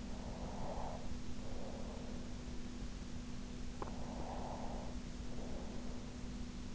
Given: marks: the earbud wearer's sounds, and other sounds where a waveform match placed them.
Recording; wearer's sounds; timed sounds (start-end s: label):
sounds in sleep by an in-ear microphone; breath
0.13-2.68 s: breath
3.65-6.75 s: breath